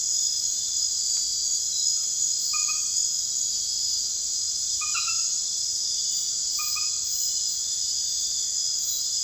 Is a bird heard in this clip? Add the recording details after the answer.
no. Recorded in secondary vegetation near Puerto Asís, Putumayo, Colombia, on 28 February 2025 at 00:00. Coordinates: 0.484, -76.319. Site G010